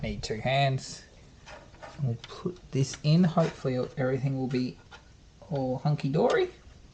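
A 3D-printed plastic rear fender support is handled in position over the tail light area of a Ninebot electric scooter's rear fender, ready to be snapped on. Someone talks throughout, with quieter handling noise in the pauses. Nothing has seated or clicked yet.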